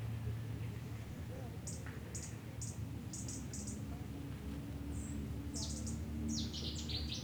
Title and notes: Plage de Mémard, 73100 Aix-les-Bains, France - Tout près. un rouge-gorge chante tout près et vient se poser à 2mètres échange de regards ,il n'est pas craintif, il rejoint son perchoir dans l'arbre et délivre une série de cliquetis